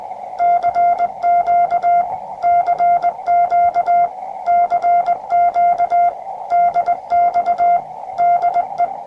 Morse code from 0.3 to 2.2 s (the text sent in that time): CQ